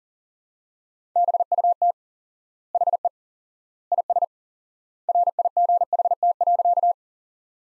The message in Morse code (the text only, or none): BUT HE IS RIGHT.